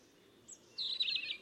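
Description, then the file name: European robin giving a short, high, thin twittering phrase after a single brief high note, over faint steady background hiss. "Erithacus rubecula"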